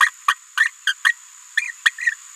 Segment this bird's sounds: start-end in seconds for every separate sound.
0.00-0.10, 0.28-0.34, 0.57-0.68, 0.87-0.93, 1.05-1.11, 1.57-1.72, 1.85-1.90, 2.00-2.11